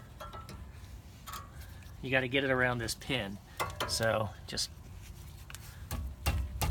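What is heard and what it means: A new brake pad is fitted around the pin in a brake caliper while someone talks. Light metallic clinks come in short bursts, and the pad pops into place with a sharp click at 6.6 s.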